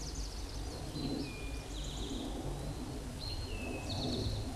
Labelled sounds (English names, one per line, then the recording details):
Eastern Towhee song
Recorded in a Pennsylvania forest on 17 May 2023 at 13:24
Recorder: AudioMoth, point grid1_9_low
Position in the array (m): 112 m, 106 m